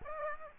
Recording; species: mosquito wingbeat signal from an infrared sensor; Aedes aegypti